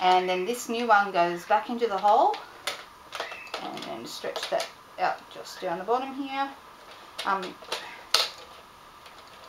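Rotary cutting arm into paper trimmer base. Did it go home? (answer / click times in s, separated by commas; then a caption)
yes / 8.1 s. Someone talks while a replacement rotary cutting arm is put into the hole of a plastic Stampin' Trimmer paper trimmer base and stretched down to the bottom, with a few soft knocks around 2.7, 3.2 and 3.5 seconds. At 8.1 seconds there is one loud, sharp snap as the rotary blade arm seats into the trimmer base.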